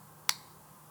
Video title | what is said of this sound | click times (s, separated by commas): CZ 600 Bolt Disassembly and Recocking | until it clicks | 0.3 s